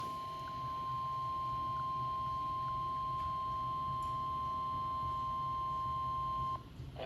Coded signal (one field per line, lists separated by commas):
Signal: Emergency Alert System (SAME) tones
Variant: 1050 Hz attention tone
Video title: (EAS #144) Tornado Warning